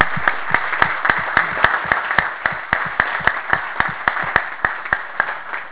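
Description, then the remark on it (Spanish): An audience applauds governor Beder Herrera steadily for several seconds, a dense wash of clapping punctuated by sharper, evenly spaced claps at a brisk, regular rhythm, with no talking over it. “Y quiero un aplauso para el doctor Beder Herrera.”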